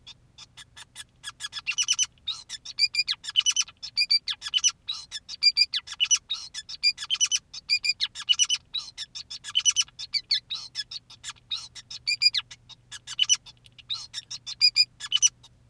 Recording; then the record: song of a male Bengalese finch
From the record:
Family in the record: son of father 2, and himself father 5